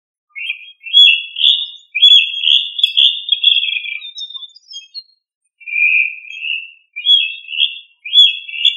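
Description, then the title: Rail giving high, piercing whistled notes that run together, break off briefly, then return as a flatter note and a few shorter phrases. "LuckyFamilia RallidaeFrangoSama"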